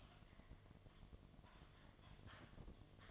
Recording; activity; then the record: daily activity, microphone in the room; typing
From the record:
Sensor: 4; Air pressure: 1005.2 hPa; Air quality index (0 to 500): 182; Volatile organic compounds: 5 ppm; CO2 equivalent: 1791 ppm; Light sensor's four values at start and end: 6/12/5/4 and 6/12/5/4